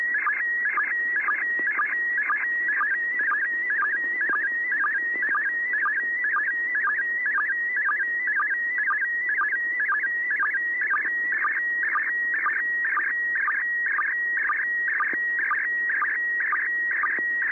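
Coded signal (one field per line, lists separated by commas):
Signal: SSTV (slow-scan television)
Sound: steady warbling whistle near 2 kHz with a short low chirp about twice a second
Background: radio static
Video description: ISS Slow Scan Television Broadcast downlink 145.800 Mhz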